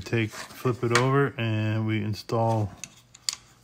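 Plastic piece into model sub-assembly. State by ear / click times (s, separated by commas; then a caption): seated / 3.3 s. Someone talks as a model sub-assembly for a Mark III Iron Man build kit is flipped over and a plastic piece is installed into it. A few faint ticks follow, then a sharp snap at 3.3 s as the plastic piece seats into place.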